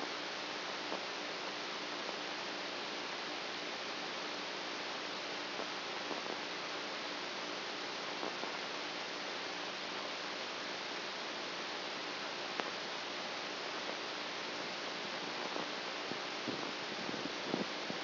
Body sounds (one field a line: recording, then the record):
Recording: brain microelectrode recording played as sound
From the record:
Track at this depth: outside the subthalamic nucleus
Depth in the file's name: 6.001 mm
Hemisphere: right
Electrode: 2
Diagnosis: Parkinson's disease